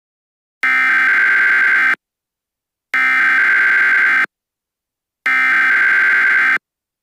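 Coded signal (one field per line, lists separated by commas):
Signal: Emergency Alert System (SAME) tones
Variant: header bursts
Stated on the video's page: Fictional EAS scenario; simulated, not a real alert.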